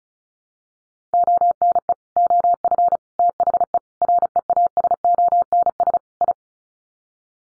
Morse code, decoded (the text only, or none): ONE OF THE REASONS I